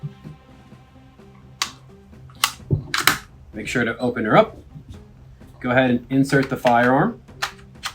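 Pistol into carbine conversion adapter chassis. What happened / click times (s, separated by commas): Part handled and moved into place, not yet clicked home / none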